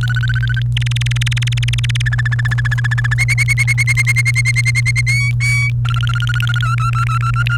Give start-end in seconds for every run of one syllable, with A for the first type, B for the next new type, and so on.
0.01-0.62 A, 0.77-2.02 B, 2.06-3.14 C, 3.18-5.01 D, 5.07-5.70 E, 5.85-6.59 A, 6.60-7.57 F